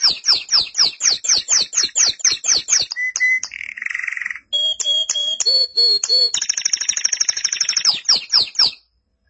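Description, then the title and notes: Canary song with a run of rapid repeated sharp chips, a short buzzy roll, clear whistled notes, then a bright rattling trill and more chips. "BM Suara Kenari. BM Suara Burung Kenari"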